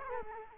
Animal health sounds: mosquito wingbeat signal from an infrared sensor; Culex quinquefasciatus

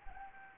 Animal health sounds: mosquito wingbeat signal from an infrared sensor; Anopheles gambiae

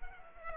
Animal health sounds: mosquito wingbeat signal from an infrared sensor; Aedes aegypti

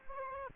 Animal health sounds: mosquito wingbeat signal from an infrared sensor; Aedes aegypti

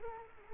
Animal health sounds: mosquito wingbeat signal from an infrared sensor; Culex quinquefasciatus

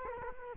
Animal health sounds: mosquito wingbeat signal from an infrared sensor; Culex quinquefasciatus

